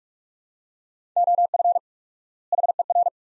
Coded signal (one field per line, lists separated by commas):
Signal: Morse code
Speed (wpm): 47 wpm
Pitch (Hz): 700 Hz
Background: none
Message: OF HER